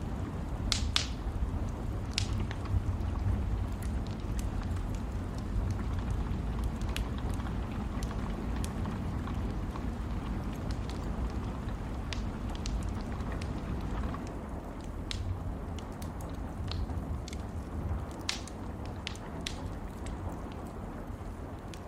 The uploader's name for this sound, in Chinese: 雨夜火炉